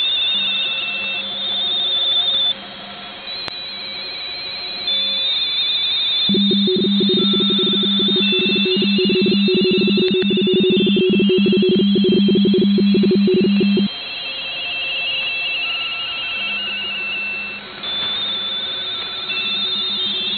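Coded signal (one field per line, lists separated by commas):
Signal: RTTY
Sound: several overlapping warbling two-tone teletype signals chattering at different pitches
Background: radio static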